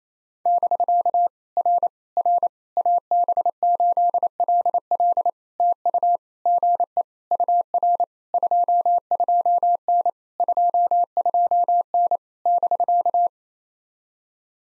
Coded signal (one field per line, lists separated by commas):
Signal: Morse code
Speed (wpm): 28 wpm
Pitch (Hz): 700 Hz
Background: none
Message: <BK> R R AB8LL TU GE UR 22N 22N <BK>